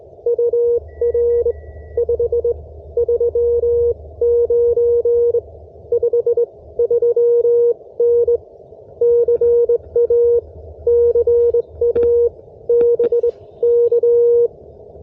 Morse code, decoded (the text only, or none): UR 539 53N CA CA BK